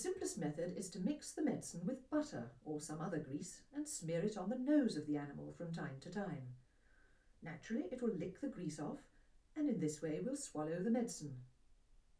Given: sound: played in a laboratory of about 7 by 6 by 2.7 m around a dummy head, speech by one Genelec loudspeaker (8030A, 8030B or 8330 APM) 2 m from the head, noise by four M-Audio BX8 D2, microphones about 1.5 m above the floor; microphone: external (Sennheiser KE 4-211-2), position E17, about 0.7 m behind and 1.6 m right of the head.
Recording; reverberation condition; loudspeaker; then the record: female speech in English; low; 150 degrees to the left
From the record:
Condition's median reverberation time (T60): about 310 ms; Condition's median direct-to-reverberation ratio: about 3.5 dB